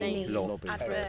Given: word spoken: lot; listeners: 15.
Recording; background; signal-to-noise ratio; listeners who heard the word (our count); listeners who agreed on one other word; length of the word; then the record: one English word in noise, from a listening test; four-talker babble; -0.6 dB; 0 of 15; 6 of 15; 0.69 s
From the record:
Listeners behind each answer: 6, 2, 1, 1, 1, 1, 1, 1, 1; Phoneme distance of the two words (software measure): 17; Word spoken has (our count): 1 syllable, 3 phonemes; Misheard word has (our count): 2 syllables, 4 phonemes, stress on syllable 1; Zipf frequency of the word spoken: 5.98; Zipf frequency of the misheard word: 3.75